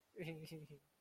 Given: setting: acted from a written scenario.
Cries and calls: vocal sound without words; shame

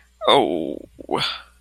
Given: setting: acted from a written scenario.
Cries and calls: vocal sound without words; embarrassment

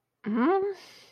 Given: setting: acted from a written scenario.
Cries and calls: vocal sound without words; confusion

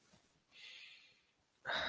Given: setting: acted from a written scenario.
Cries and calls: vocal sound without words; desire

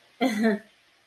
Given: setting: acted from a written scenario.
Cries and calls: vocal sound without words; embarrassment

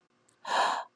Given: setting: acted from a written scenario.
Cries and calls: vocal sound without words; amusement

